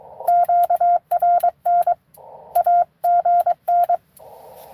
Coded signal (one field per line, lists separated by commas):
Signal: Morse code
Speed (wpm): 22 wpm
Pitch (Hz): 700 Hz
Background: none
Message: QRN AGN